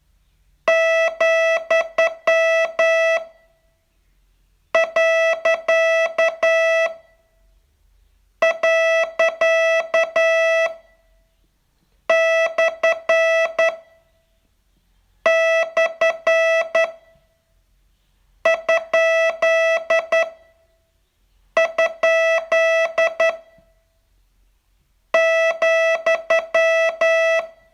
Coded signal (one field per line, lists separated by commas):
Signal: Morse code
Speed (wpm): 10 wpm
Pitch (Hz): 660 Hz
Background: music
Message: , . . / / ? ? ,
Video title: Learn Morse in 42 Days from VU2LAU - day 39